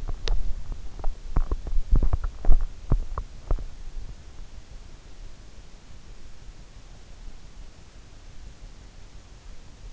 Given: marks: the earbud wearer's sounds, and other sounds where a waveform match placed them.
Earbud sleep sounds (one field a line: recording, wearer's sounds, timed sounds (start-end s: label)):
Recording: sounds in sleep by an in-ear microphone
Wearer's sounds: teeth grinding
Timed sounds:
0.00-3.69 s: teeth grinding